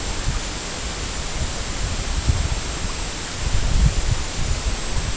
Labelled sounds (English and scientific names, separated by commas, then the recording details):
none
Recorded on Arctic tundra, site EABA-MC, on 22 June 2019
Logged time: 00:00